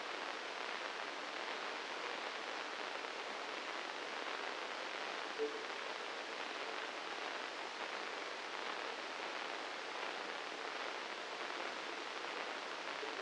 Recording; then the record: brain microelectrode recording played as sound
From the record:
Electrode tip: inside the subthalamic nucleus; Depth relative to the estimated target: 1 mm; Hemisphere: left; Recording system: NeuroSet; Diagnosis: Parkinson's disease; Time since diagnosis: 9 years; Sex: male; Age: 56 years